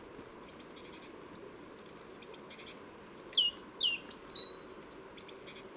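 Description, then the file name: Great tit calls: a quick series of sharp, down-slurred whistled notes in the middle, with faint high chips before and after over soft background hiss. "Parus major"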